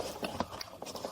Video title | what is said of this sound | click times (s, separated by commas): Volkswagen Passat B7 Door Panel Removal | the clip is simply inserted into its place from the side until it clicks. | 0.2 s, 0.4 s, 0.6 s